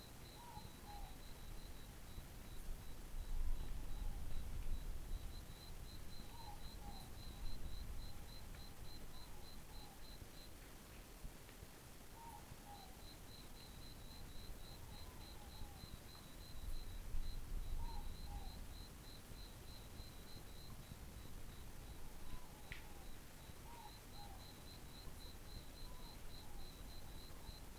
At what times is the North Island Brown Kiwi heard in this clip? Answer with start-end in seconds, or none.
none